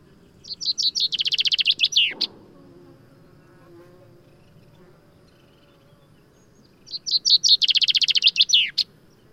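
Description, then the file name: Common chaffinch song, twice: rattling phrases finishing with a sharp flourish, over faint low background hum. "Fringilla coelebs"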